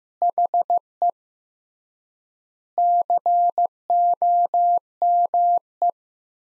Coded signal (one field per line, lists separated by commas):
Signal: Morse code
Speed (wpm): 15 wpm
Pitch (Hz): 700 Hz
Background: none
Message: HE COME